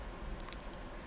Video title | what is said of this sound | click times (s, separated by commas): Oxygen or air fuel ratio sensor | once you hear the click you know that it's secure in there | 0.5 s